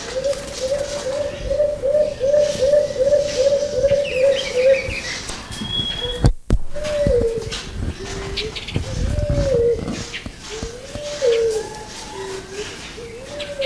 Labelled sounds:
Beautiful Fruit Dove
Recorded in captivity
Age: adult
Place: Zoo Berlin, Berlin, DE
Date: 2000-04-04 12:46
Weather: cloudy, ca. 13°C
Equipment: Nagra SN, Kopie Uher 4000 Report Monitor
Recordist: Tembrock, Günter

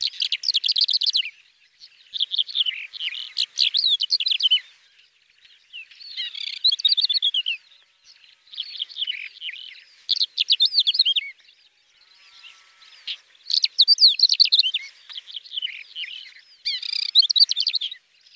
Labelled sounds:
Greater Short-toed Lark song
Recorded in the wild
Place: Taukumwüste, KZ
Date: 2000-05-18
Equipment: MiniDisc Sharp MT 20 H
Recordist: Schwarz, Dieter
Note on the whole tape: Song

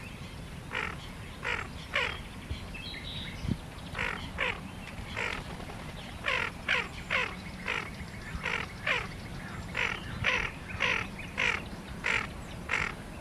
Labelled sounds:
Tufted Duck call
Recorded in the wild
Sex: pair
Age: adult
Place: Karower Teiche, Naturpark Barnim, Berlin, DE
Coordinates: 52.6222, 13.4597
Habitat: pond
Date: 1989-05-26 21:48
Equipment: Riporter 6 RG-K, Halbspur, Sennheiser MKH 416 T
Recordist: Frommolt, Karl-Heinz

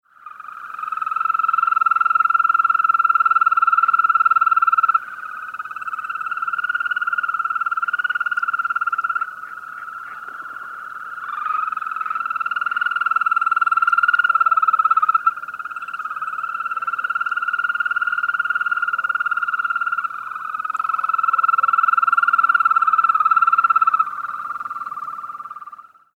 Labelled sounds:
Green Toad
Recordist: Frommolt, Karl-Heinz
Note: Paarungsrufe

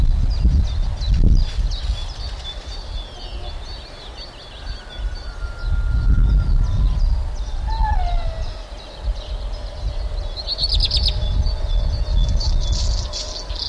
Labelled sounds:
Black Redstart song
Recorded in the wild
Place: Mönchmühle, Brandenburg, DE
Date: 1990-04-30 10:47
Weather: overcast, 12°C
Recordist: Tembrock, Günter
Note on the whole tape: Gesang

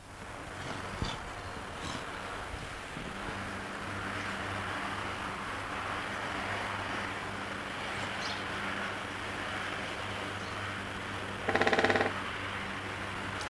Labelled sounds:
Great Spotted Woodpecker drumming
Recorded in the wild
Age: adult
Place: Zoo Rostock, Mecklenburg-Vorpommern, DE
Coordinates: 54.08, 12.08
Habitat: park
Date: 1984-02-02 12:00
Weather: bedeckt, 2°C
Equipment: Nagra SN, Kopie Uher 4000 Report Monitor
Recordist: Tembrock, Günter

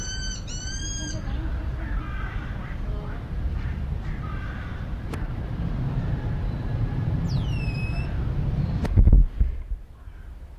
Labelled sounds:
Cottontop Tamarin
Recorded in captivity
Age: adult
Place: Zoo Berlin, Berlin, DE
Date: 1994-08-27 10:56
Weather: heiter, 16-22°C
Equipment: Marantz CP 430, Sennheiser ME 80, Kopie Uher Variocord 263
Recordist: Tembrock, Günter

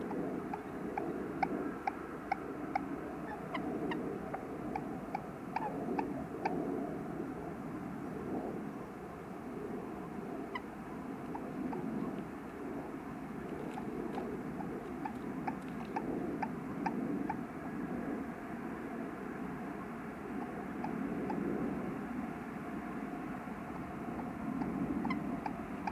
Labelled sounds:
Common Moorhen call
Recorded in the wild
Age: adult
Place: Auweiher Wört, Baden-Württemberg, DE
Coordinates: 49.0394, 10.2489
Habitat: Weiher
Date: 1972-04-13
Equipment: Uher Report 4200, Scotch-Classic 19cm, AKG D190C in Doppelparabolreflektoren
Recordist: Krey, Winfried

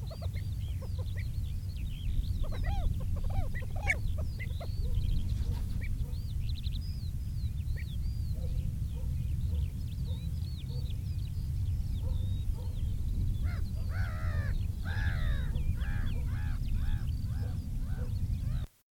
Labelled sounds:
Pied Avocet call
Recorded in the wild
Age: adult
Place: Glewitz, Insel Rügen, Mecklenburg-Vorpommern
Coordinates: 54.252, 13.299
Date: 1975-06-07
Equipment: Nagra III BH, Sennheiser MD 21
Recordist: Schubert, Michael
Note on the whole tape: Säbelschnäbler mit gestoßenen, tiefen Rufen; anfangs Flugzeuglärm; Mikrofon Sennheiser MD 421 u. Kabel

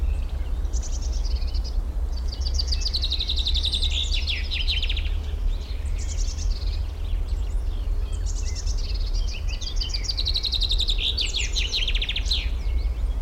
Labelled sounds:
Common Chaffinch
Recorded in the wild
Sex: male
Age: adult
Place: Blankenfelde, Tegeler Fließ, Berlin, DE
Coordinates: 52.62, 13.39
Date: 1994-04-23 11:35
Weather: heiter 16-19°C
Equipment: Marantz CP 430, Sennheiser ME 80, Kopie Uher Variocord 263
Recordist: Tembrock, Günter
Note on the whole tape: Wäldchen am Standrohr: Gesang, 2 Strophentypen, längere Sequenzen

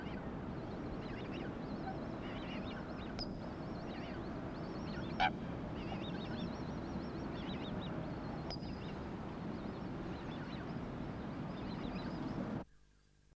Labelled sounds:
Eurasian Coot call
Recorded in the wild
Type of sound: call
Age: juvenile
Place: Berneburg, DE
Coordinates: 51.06, 9.88
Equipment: Halbspur, 9,5 cm/s
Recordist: Lütgens, Hans
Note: 3-wöchig

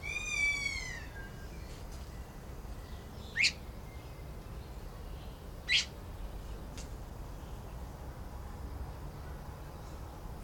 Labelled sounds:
Kea call
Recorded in captivity
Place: Zoo Berlin, Berlin, DE
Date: 1992-10-24 12:30
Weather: bedeckt, 4-6°C
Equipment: Marantz CP 430, Sennheiser ME 80, Kopie Tesla B 116
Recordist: Tembrock, Günter

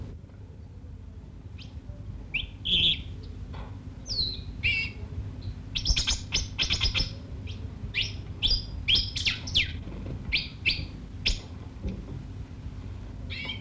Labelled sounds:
Pin-tailed Whydah call
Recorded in captivity
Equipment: Halbspur, 9,5 cm/s
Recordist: Lütgens, Hans

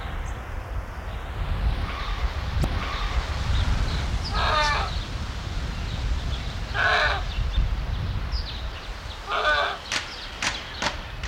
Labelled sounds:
Japanese Macaque
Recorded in captivity
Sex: female
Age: adult
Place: Zoo Berlin, Berlin, DE
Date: 1994-02-05 10:00
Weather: heiter bis wolkig, 0 °C, Wind
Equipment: Marantz CP 430, Sennheiser MKH 416 T, Kopie Uher Variocord 263
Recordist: Tembrock, Günter

